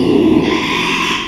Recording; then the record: squeal of a Yucatan mini pig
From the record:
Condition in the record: after surgery on the right vocal fold (resection and tissue-engineered implant); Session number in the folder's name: 1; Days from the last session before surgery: 6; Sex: male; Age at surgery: 12 weeks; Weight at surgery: 13 kg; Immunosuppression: cyclosporine, prednisolone